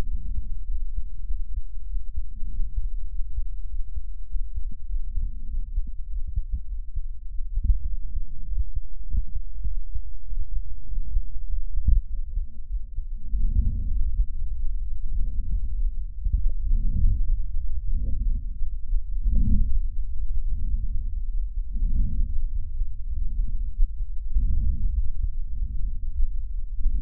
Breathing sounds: lung sounds by stethoscope; left anterior apical chest; quiet breathing, then deep breathing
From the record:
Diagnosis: interstitial lung disease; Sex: female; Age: 70 years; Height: 160 cm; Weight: 93 kg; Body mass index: 36.3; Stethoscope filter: bell mode

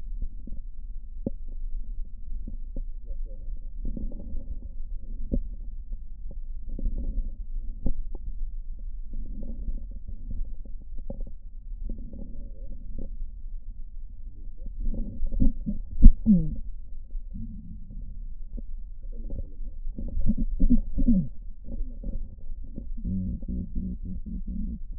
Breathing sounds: lung sounds by stethoscope; left posterior basal chest; quiet breathing, then cough and speech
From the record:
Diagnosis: COPD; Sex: female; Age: 72 years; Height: 156 cm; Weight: 72 kg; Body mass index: 29.6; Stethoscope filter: diaphragm mode

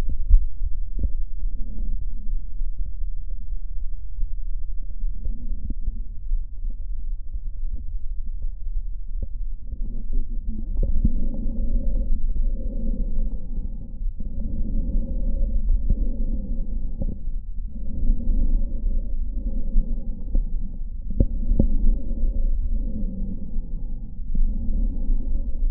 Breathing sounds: lung sounds by stethoscope; right posterior apical chest; quiet breathing, then deep breathing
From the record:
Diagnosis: pulmonary infection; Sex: male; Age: 86 years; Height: 165 cm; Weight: 65 kg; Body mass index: 23.9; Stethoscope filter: diaphragm mode

